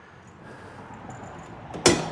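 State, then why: Released. As the front suspension of an SN95 or New Edge car is lowered slowly during a front spring change, a quiet low rumble of background noise builds gradually. At 1.9 s a sharp, bright metallic pop rings out as the steel end-link bolt comes out of the front sway bar, then decays quickly, leaving the link released.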